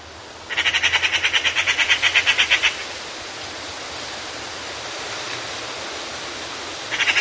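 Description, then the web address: Eurasian magpie producing a grating, machine-gun chatter of fast harsh notes for about two seconds, then quiet, with another rattle starting at the very end. "european magpie"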